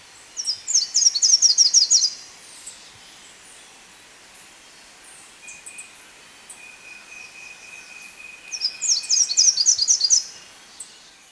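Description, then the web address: Slate-throated whitestart song: two rapid runs of high, sweet chipping notes about eight seconds apart, with a steady thin whine holding between them. Recorded in Ecuador. "Birds of Ecuador. Slate-throated Whitestart"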